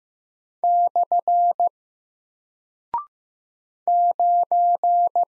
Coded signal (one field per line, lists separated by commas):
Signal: Morse code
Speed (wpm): 15 wpm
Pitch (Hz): 700 Hz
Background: none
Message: / 9